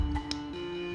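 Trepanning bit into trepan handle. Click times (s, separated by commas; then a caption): 0.3 s. An antique 18th-century trepanning drill bit is pushed into its handle, which has a locking device so the bit cannot come out. A softer tap at 0.2 s is followed by a sharp, brief metal click at 0.3 s, over steady sustained background tones. The bit seats and locks into the handle.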